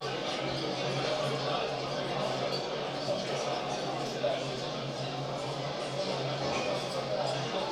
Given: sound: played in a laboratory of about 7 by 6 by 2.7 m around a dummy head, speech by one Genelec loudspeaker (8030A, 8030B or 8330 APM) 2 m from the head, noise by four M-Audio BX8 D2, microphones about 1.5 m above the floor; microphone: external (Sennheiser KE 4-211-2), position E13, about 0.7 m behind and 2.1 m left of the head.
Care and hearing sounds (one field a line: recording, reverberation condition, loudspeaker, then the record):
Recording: cafeteria noise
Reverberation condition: medium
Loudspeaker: four, about 170 cm from the corners of the room and facing them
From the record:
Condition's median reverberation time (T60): about 510 ms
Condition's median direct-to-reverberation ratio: about -0.5 dB